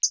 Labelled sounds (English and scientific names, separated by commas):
Hooded Warbler (Setophaga citrina) flight call